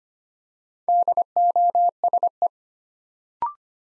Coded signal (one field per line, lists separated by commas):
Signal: Morse code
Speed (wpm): 25 wpm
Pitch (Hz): 700 Hz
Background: none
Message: DOSE